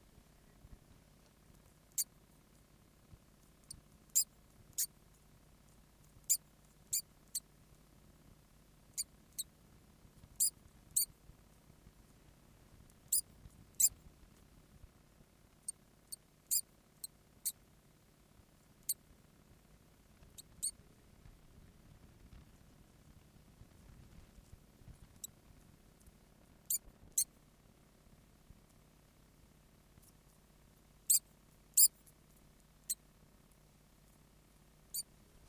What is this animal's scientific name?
Arvicola amphibius